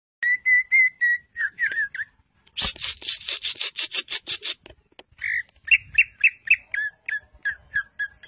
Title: Cucak Ijo Juara Suara Kicau Cucak Ijo Gacor Masteran Cucak Hijau